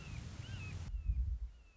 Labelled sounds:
Red-shouldered Hawk
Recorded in Sonoma County, California

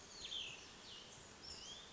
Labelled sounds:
Cassin's Vireo
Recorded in Sonoma County, California

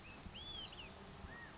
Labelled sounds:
California Quail
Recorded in Sonoma County, California

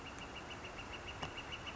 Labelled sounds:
Northern Flicker
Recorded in Sonoma County, California

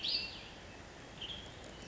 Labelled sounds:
Western Tanager
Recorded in Sonoma County, California

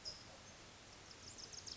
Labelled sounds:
California Towhee
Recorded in Sonoma County, California

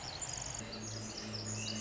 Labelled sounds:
Pacific Wren
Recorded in Sonoma County, California

